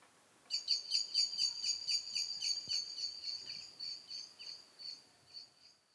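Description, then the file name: Eurasian blackbird giving a steady string of high, rapid chinking notes that slowly fade, with a single click midway. "Turdus merula"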